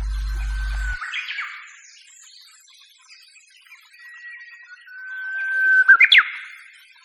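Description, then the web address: Japanese bush warbler song: a long steady whistled note followed by a quick rising, twisting flourish, given twice, after a brief low hum at the start. "sikioto. uguisu"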